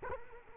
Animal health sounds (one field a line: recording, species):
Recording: mosquito wingbeat signal from an infrared sensor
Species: Culex quinquefasciatus